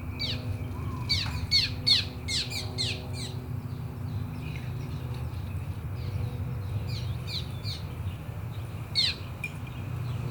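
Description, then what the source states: Birds giving short downward-sweeping chirps in bursts, mostly in the first few seconds and again later on, over a steady low rumble. City park ambience.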